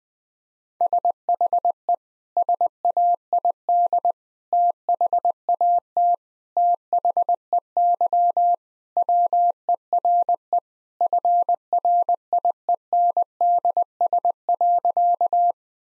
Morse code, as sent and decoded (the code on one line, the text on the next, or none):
... .... . / ... .- .. -.. / - .... .- - / - .... . -.-- / .-- . .-. . / ..-. .-. .. . -. -.. ... .-.-.-
SHE SAID THAT THEY WERE FRIENDS.